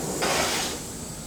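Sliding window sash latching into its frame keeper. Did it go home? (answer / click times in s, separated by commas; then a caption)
no / none. The badly adjusted sliding sash of an aluminium/PVC window is pushed along its frame toward the lock keeper. A broadband, hiss-like sliding rush rises sharply at about 0.2 s, holds until about 0.75 s, then fades to a quieter rumble. Nothing has seated or clicked yet.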